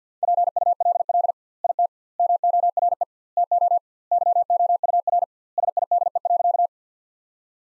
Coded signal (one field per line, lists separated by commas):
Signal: Morse code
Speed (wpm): 45 wpm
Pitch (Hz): 700 Hz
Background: none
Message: PULL IT MORE TO YOUR SIDE.